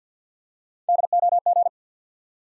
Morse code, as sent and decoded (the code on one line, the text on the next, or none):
-.. --- --.
DOG